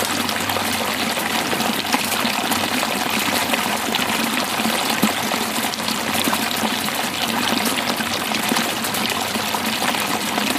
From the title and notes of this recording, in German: Natur - Oberer Wildalmsee, Kitzbühler Alpen. Aufnahme des Regens, den ich am oberen Wildalmsee in den Kitzbühler Alpen aufgenommen habe, im Schutz meiner Biwakplane.